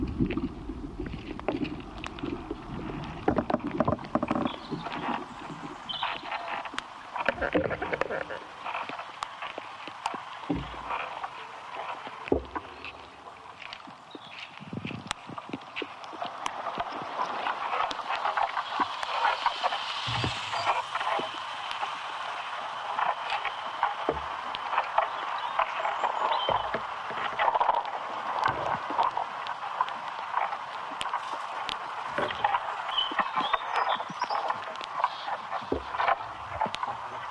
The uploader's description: The interior sound world of ash trees, Fraxinus excelsior .